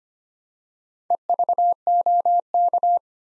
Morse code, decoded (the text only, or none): EVOK